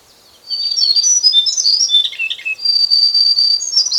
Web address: white browed shortwing song